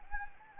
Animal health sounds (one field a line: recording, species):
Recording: mosquito wingbeat signal from an infrared sensor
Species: Anopheles gambiae